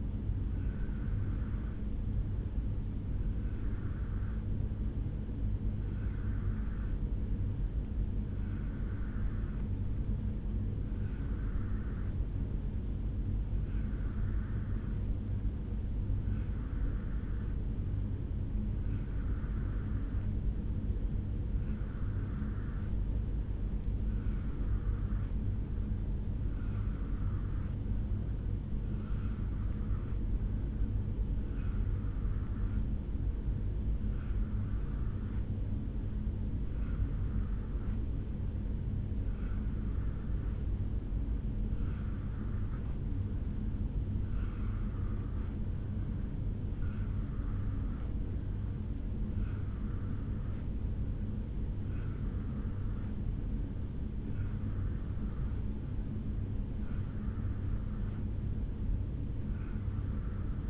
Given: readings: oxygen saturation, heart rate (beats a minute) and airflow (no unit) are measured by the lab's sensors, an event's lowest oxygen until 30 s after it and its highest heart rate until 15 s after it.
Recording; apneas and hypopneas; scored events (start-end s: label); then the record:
breathing in sleep by a smartphone at the bedside; none
none scored
From the record:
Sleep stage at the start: N2 (light sleep); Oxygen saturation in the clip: 84 to 95%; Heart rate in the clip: 61 to 71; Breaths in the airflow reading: 23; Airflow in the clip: -0.8 to 0.7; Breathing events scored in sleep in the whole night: 449 in 7.0 hours asleep